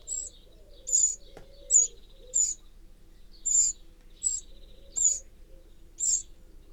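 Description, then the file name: Eurasian wren uttering several high, hard tick calls at uneven intervals, over soft background noise. "Troglodytes troglodytes"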